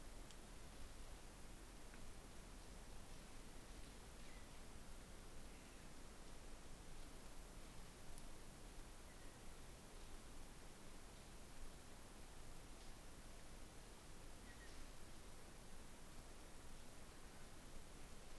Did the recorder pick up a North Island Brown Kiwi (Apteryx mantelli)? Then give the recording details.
no. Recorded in New Zealand on 11 December 2011. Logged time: 00:58. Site DD66